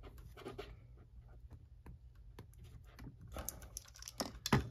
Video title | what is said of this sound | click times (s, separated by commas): Terminate Cat8 with Ethernet Port (Part 2) | there it clicks | 4.2 s, 4.5 s